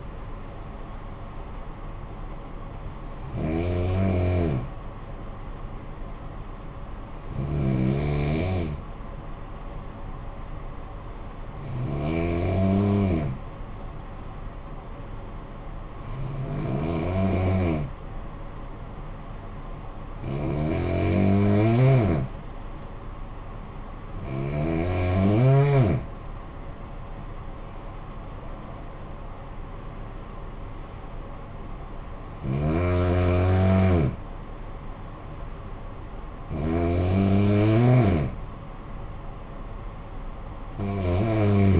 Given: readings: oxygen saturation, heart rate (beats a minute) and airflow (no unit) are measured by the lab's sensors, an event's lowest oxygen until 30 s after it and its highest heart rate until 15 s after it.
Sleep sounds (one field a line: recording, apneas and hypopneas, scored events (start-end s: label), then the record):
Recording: breathing in sleep by a smartphone at the bedside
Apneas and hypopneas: 1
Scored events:
10.00-28.30 s: hypopnea (N1, oxygen 95% highest, then 90% lowest, heart rate 52 at the start, 68 highest)
From the record:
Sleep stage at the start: N1 (lightest sleep)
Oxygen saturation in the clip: 89 to 95%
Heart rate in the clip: 52 to 68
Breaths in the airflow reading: 9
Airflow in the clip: -12.3 to 10.2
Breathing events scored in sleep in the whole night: 445 in 7.6 hours asleep